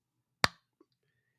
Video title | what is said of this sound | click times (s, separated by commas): Fragrance Story MAFIA - A Fragrance Offer You Can't Refuse | It does click into place. Let y'all hear it. | 0.4 s